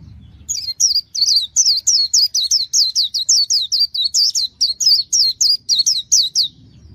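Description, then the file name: White-eye delivering a long, even series of sharp, high, zigzag notes, roughly three per second for six seconds, on a quiet background. Song style called 'líu' in Vietnamese. "tieng khuyen liu"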